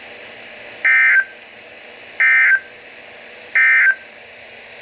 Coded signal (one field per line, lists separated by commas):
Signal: Emergency Alert System (SAME) tones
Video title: Severe Thunderstorm Warning #2 - September 7, 2021